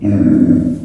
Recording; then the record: squeal of a Yucatan mini pig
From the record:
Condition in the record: after surgery on the right vocal fold (resection and tissue-engineered implant); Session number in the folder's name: 5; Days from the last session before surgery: 33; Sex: female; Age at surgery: 19 weeks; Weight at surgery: 25 kg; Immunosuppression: prednisolone